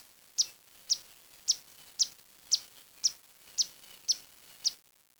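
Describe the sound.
Bird calling with a high, sharp chip repeated about twice a second, nine times in steady rhythm over a soft background hiss.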